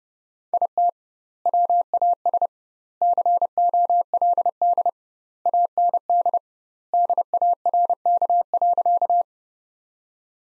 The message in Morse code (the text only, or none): IT WAS COLD AND DARK.